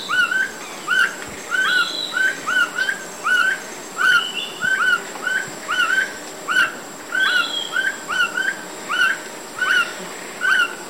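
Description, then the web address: Black Bushbird song: arched, slurred whistles near mid pitch, given singly or in short groups, repeating steadily throughout over a faint steady high hum. Recorded in the eastern lowlands of South America. "Natures Songs S America Eastern Lowlands. Black Bushbird"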